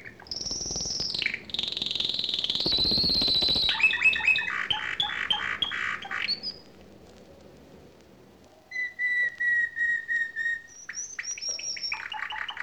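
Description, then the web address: Bird calls in a changing series: a high whistled note, a harsh burst, stacked chattering notes, a short pause, then a rapid pulsed run of even notes and more high whistles. "audio animali uccelli 03 uccelli birds 08"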